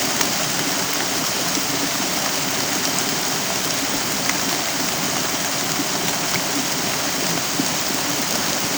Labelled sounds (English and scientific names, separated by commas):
none